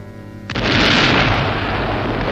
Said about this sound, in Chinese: 夜里，一座铁路高架桥被炸毁了，这是谁干的呢？